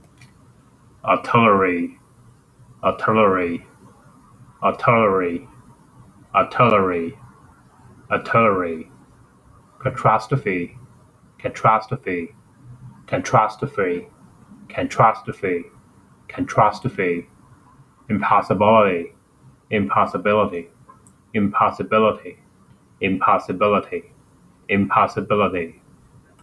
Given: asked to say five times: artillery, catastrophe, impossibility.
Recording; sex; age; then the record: three words, each repeated; male; 20 to 29 years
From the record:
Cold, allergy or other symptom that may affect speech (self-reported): no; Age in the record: 25 years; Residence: United States